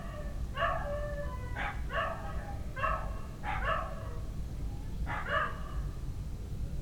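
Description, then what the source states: Dog barking repeatedly, sharp barks at irregular intervals with a longer gap near the end, over a constant low rumble of background noise. Dogs at night in a village.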